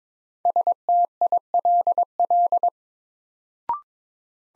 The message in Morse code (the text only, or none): STILL